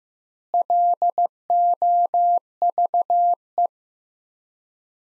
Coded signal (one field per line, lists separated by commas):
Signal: Morse code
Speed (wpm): 15 wpm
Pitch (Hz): 700 Hz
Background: none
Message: LOVE